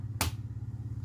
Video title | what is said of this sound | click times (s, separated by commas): Track lighting install from A to Z! | snap it back in | 0.2 s